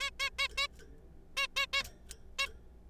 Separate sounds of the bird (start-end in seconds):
0.01-0.10, 0.20-0.30, 0.39-0.48, 0.57-0.67, 1.37-1.47, 1.56-1.66, 1.73-1.83, 2.39-2.47